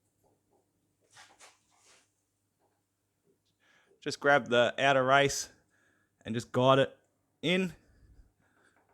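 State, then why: Not seated. A replacement left-hand CV drive shaft on a Ford Focus is slid back toward the transmission differential and guided in by its outer race to avoid damaging the seal. A few faint, soft handling sounds come around 1.2–1.9 s, followed by someone talking from about 4 s to 8 s. Nothing has seated or clicked yet.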